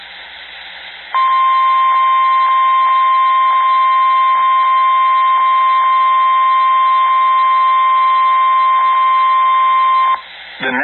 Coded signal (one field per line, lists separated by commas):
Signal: Emergency Alert System (SAME) tones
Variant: 1050 Hz attention tone